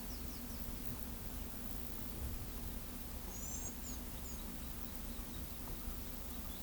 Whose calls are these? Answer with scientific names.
Thraupis palmarum